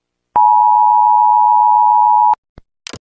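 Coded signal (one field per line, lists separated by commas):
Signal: Emergency Alert System (SAME) tones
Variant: 853 and 960 Hz attention tone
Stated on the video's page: Fictional nuclear bomb EAS mock set in Melon Playground.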